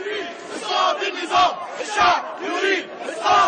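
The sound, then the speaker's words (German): A large crowd of protesters on Tahrir Square in central Cairo, January 2011, chants and shouts in rhythmic bursts, demanding the resignation of President Hosni Mubarak; many voices rise and fall together in loud, energetic waves with no single speaker standing out. “Hunderttausende Ägypter ziehen auf den Tahrir-Platz im Zentrum von Kairo.”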